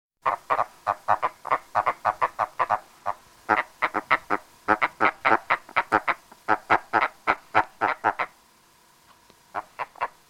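Agile frog calling: rapid runs of clipped, croaking notes at a steady pace, stopping for about a second near the end before a few more notes.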